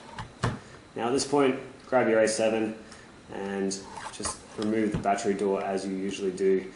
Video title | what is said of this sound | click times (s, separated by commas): Sony A7/A7R Battery Grip Review VG-C1EM | then you just pop it straight back and you'll hear this nice solid click and then you just flick the latch and you're done | 0.4 s